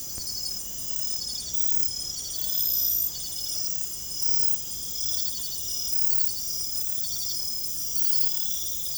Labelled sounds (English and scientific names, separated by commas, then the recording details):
none
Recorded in secondary vegetation near Puerto Asís, Putumayo, Colombia, on 22 December 2024 at 00:30
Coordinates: 0.468, -76.324
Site G095